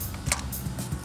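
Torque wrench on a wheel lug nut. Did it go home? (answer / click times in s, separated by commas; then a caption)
yes / 0.3 s, 1.0 s. A click-type torque wrench set to 65 ft-lb is given two extra clicks on a wheel lug nut of a '71 Cuda to be safe. Two sharp clicks are heard at 0.3 s and 1.0 s, showing the nut has reached the set torque.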